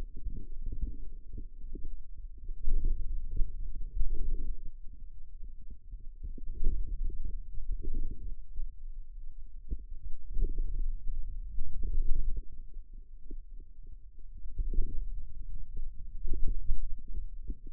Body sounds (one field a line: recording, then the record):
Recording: forearm muscle sounds (acoustic myography)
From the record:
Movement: hand opening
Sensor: system 2, bracelet of six BSWA MPA416 microphones around the upper forearm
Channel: 5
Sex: male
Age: 22 years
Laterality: right